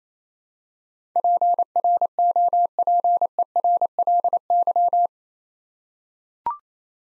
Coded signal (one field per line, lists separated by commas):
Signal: Morse code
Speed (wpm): 27 wpm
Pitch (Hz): 700 Hz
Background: none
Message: PROPERLY